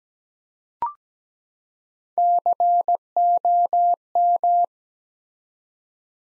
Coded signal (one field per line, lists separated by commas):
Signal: Morse code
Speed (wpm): 17 wpm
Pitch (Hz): 700 Hz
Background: none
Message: COM